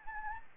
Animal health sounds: mosquito wingbeat signal from an infrared sensor; Anopheles arabiensis

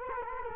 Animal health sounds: mosquito wingbeat signal from an infrared sensor; Culex quinquefasciatus

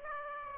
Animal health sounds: mosquito wingbeat signal from an infrared sensor; Aedes aegypti

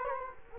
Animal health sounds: mosquito wingbeat signal from an infrared sensor; Culex quinquefasciatus

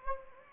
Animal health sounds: mosquito wingbeat signal from an infrared sensor; Anopheles gambiae

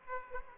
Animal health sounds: mosquito wingbeat signal from an infrared sensor; Aedes aegypti

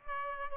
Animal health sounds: mosquito wingbeat signal from an infrared sensor; Aedes albopictus

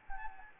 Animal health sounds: mosquito wingbeat signal from an infrared sensor; Anopheles gambiae

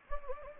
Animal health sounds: mosquito wingbeat signal from an infrared sensor; Anopheles gambiae

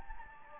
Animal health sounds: mosquito wingbeat signal from an infrared sensor; Anopheles gambiae

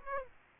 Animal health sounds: mosquito wingbeat signal from an infrared sensor; Aedes aegypti

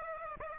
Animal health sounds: mosquito wingbeat signal from an infrared sensor; Aedes aegypti

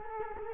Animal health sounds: mosquito wingbeat signal from an infrared sensor; Culex quinquefasciatus

